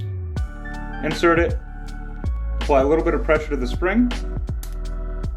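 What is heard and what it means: A recoil spring assembly, fatter end toward the muzzle, is inserted into a Springfield Hellcat pistol slide against the barrel, and pressure is applied to compress the spring. Someone talks over background music, with a few brief handling taps. Nothing has seated or clicked yet.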